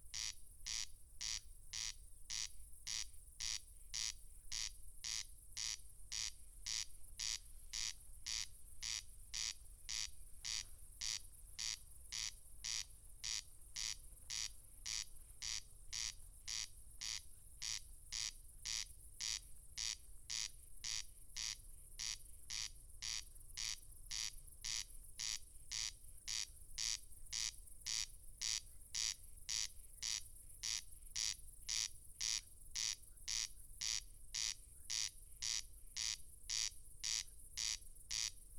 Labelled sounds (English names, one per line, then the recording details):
Corn Crake song
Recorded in the wild
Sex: male
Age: adult
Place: Schwedt/Oder, Nationalpark Unteres Odertal, Brandenburg, DE
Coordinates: 53.0381, 14.2905
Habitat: meadow
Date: 2021-07-16 00:06
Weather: 16°C, 99% humidity, almost windless
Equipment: Edirol R44, Microtech Gefell MK 250/MV220
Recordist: Frommolt, Karl-Heinz